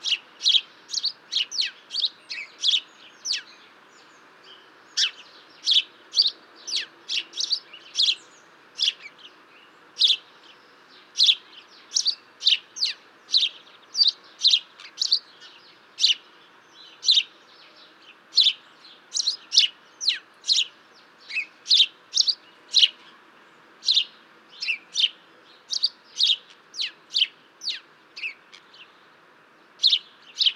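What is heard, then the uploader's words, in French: A house sparrow chirps over and over for the whole half minute, short bright notes coming in quick, fairly regular bursts of two or three, roughly every second. A faint, steady low hiss runs underneath throughout. Moineau domestique. Ils n’ont pas vraiment de chant mais plutôt des « tchip, tchiup » territoriaux.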